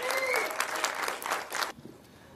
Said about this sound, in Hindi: गोविंदा जी के लिए जोरदार तालियां हो जाए।